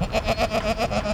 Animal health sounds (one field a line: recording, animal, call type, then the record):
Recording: contact call of a hoofed animal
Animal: goat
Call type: low-frequency (closed-mouth) or high-frequency (open-mouth) call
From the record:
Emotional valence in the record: negative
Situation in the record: short social isolation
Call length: 1.14 s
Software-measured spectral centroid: 2330 Hz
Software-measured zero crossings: 1960 a second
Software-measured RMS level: -24 dBFS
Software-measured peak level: -9 dBFS